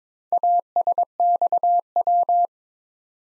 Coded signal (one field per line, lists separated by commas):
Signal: Morse code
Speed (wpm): 22 wpm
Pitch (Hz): 700 Hz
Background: none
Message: ASXW